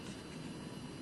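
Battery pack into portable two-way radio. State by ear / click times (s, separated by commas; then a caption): not seated / none. The bottom of a battery pack is slid into the back of an XTS 5000 portable two-way radio and squeezed. A steady broadband hiss with a low hum runs throughout, with a brief sharp tick at the very end around 1.0 s. Nothing has seated or clicked into place yet.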